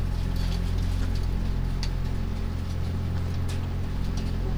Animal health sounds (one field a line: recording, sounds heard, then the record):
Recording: poultry house recording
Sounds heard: sick chickens (respiratory disease)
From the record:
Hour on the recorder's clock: 0